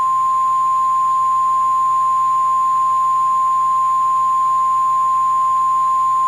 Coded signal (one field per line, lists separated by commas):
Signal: Emergency Alert System (SAME) tones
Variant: 1050 Hz attention tone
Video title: EAS Mock: Trouble in Downtown Nashville